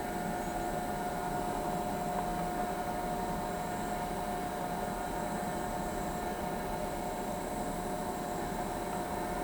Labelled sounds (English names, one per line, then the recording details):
none
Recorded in pastures near Pivijay, Magdalena, Colombia, on 17 April 2023 at 09:30
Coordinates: 10.456, -74.369
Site P6-G026